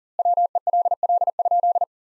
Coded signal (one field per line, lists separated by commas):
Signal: Morse code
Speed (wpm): 40 wpm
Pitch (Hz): 700 Hz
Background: none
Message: WELL?